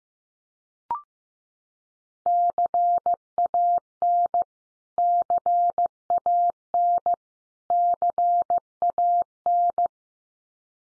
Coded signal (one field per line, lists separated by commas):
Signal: Morse code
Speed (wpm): 15 wpm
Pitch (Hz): 700 Hz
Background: none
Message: CAN CAN CAN